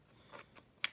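During reassembly of a Zenith MP5-style clone rifle, the trigger pack and lower are swung back into place in the receiver. Two faint rustling scrapes come first, then one sharp, loud click at 0.8 s as the trigger pack seats home into the lower.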